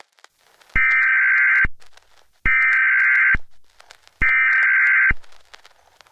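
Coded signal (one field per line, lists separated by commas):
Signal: Emergency Alert System (SAME) tones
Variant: header bursts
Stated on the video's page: Fictional EAS scenario; the alert is simulated, not a real broadcast.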